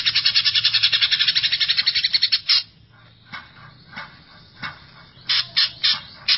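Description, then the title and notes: Greater green leafbird song: a fast, harsh buzzing trill of rapid pulses for about two and a half seconds, then separate loud chattering notes spaced irregularly. Song of a champion-class cucak ijo. "Kicau Burung Cucak Ijo Juara. Suara kicauan burung cucak ijo"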